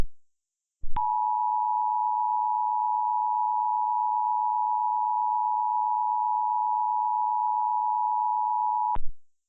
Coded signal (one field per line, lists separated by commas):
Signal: Emergency Alert System (SAME) tones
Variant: 853 and 960 Hz attention tone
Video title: 2009 Local Area Emergency - EAS Recreation